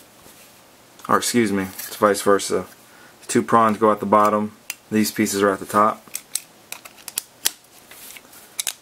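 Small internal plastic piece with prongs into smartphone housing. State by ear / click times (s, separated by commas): seated / 8.6 s, 8.7 s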